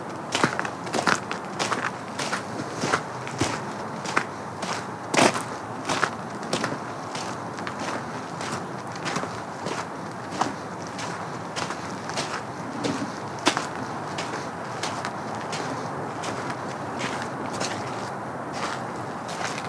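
Footsteps along a simple trail through the woods and field, a steady stream of crunchy, scuffing steps under a constant rustle. Sharp cracks and snaps stand out every second or so, a few louder ones near five and thirteen seconds.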